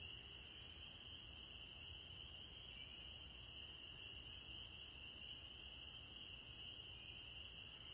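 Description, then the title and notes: Spring peepers calling together, countless high peeps blended into a constant shrill ringing, unchanging in pitch, with low background noise. Evening chorus of spring peepers recorded on 9 April 2021, in spring as the frogs returned. "April 9, 2021. the spring peepers have returned! I’ve recorded their evening symphony"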